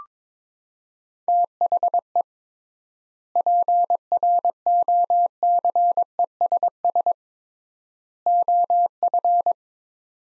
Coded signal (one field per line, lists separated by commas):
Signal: Morse code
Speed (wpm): 22 wpm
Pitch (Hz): 700 Hz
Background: none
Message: THE PROCESS OF